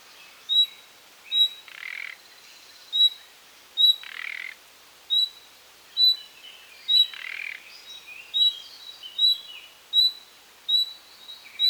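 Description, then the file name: Common nightingale calling with clipped high whistles, broken by rough grating bursts and some jumbled twittering notes. "Luscinia megarhynchos"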